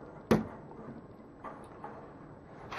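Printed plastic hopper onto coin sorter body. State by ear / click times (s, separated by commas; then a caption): seated / 0.3 s. The keyed 3D printed plastic hopper of a coin sorter is lined up and pushed down onto the sorter's base, snapping sharply into place at 0.3 s. Fainter knocks and handling sounds follow around 1.4, 1.8 and 2.7 s. The hopper is locked in place.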